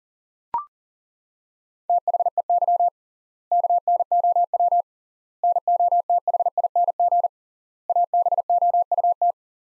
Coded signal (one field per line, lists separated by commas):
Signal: Morse code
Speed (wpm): 40 wpm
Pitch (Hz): 700 Hz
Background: none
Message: THEY KNOW NOTHING ABOUT